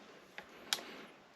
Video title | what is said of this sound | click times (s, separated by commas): af16 honda elite big bore install tutorial | yeah see how it just clicked you want to take it make sure it's all the way located in | 0.7 s